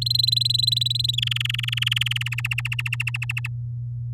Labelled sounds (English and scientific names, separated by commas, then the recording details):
Domestic Canary (Serinus canaria) song
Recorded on 10 May 2018 at 12:10
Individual llb16